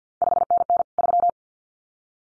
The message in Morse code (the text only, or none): 5NN 3